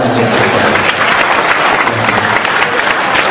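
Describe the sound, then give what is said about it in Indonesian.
A crowd applauds steadily to welcome Cak Nun, a dense, loud wash of many hands clapping that holds at an even level for several seconds without a break. “Tepuk tangan yang seikhlas-ikhlasnya.”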